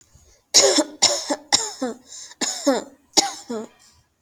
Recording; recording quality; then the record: shallow voluntary cough; excellent, no background noise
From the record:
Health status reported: healthy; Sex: female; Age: 30 years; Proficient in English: yes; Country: India